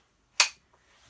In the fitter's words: doing up with a nice click in the back there, just pulling it to tighten.